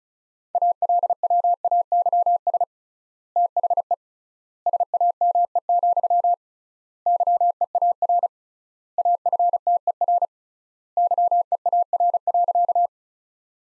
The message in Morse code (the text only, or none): ALWAYS THE SAME, YEAR AFTER YEAR.